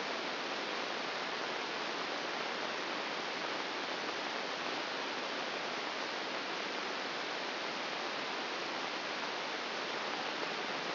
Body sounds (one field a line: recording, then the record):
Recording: brain microelectrode recording played as sound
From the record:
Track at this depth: outside the subthalamic nucleus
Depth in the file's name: 6.898 mm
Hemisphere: left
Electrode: 2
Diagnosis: Parkinson's disease